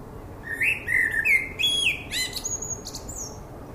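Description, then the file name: Common blackbird sings a loud, mellow warbled phrase that breaks into sharp, high-pitched squeaks and thin whistles at the end. "Turdus merula"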